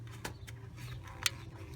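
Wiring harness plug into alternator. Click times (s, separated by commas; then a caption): 1.3 s. A wiring harness plug is pushed onto the alternator of an '06 Toyota Avalon V6 sedan during installation. Low background hum is broken by faint taps, then a sharp click at 1.3 s as the connector snaps in and seats.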